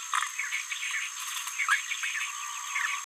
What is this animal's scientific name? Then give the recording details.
Forpus passerinus. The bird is a female. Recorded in a nest box in Venezuela. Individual 17B73B4